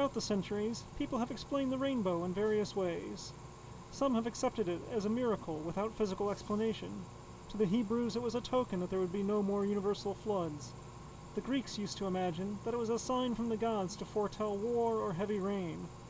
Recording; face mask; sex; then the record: reading aloud; surgical mask; male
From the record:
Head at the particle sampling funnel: tilted down, bridge of the nose in front of it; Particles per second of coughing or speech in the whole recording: 0.276